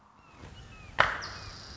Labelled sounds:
Red-shouldered Hawk (Buteo lineatus)
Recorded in Sonoma County, California

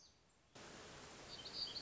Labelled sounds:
Black-throated Gray Warbler (Setophaga nigrescens)
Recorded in Sonoma County, California

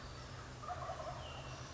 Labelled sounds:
Wild Turkey (Meleagris gallopavo)
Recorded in Sonoma County, California

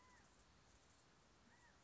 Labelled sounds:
California Quail (Callipepla californica)
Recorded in Sonoma County, California

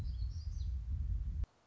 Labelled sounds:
Black-throated Gray Warbler (Setophaga nigrescens)
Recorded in Sonoma County, California

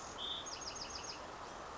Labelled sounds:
Bewick's Wren (Thryomanes bewickii)
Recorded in Sonoma County, California

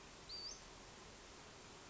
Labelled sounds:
Western Flycatcher (Empidonax difficilis)
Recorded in Sonoma County, California

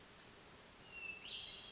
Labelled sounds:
Hermit Thrush (Catharus guttatus)
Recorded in Sonoma County, California

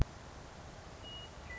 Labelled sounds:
Western Meadowlark (Sturnella neglecta)
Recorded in Sonoma County, California

